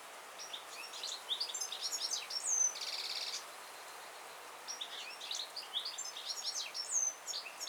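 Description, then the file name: European goldfinch song: fast tinkling twittering phrases with buzzy trills and sharp high notes, in two bursts separated by a short pause. "Carduelis carduelis"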